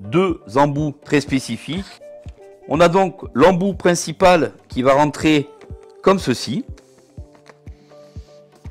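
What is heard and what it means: A man talks over background music while handling the main plastic floor nozzle of an Ultenic U10 cordless, bagless stick vacuum, about to push it onto the stick until it locks. Two faint, short handling clicks come at 7.3 and 7.5 seconds. The nozzle has not clicked into place yet.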